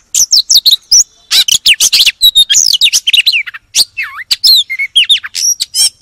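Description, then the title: Oriental magpie-robin delivering bright, separate whistled notes, some sweeping down, some rising, mixed with short chips and a few scratchy phrases. "Kacer"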